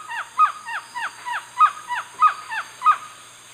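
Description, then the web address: Green-backed trogon singing a rapid series of brief, down-slurred cooing notes. Song, recorded in the eastern lowlands of South America. "Natures Songs S America Eastern Lowlands Trogon viridis, song"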